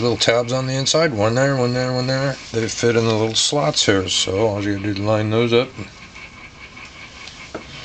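Someone talks over handling of a replacement motor for a DJI Spark drone, lining up the motor's plastic tabs with the slots in the drone frame before pressing it home. Speech fills most of the clip, then quieter handling noise follows with a short faint tick near 7.6 s. Nothing has seated or clicked into place yet.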